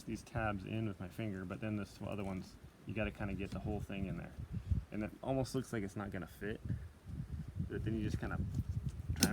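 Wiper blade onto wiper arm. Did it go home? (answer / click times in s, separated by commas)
yes / 9.2 s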